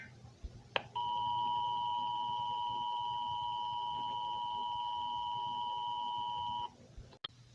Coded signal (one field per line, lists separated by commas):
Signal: Emergency Alert System (SAME) tones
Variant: 853 and 960 Hz attention tone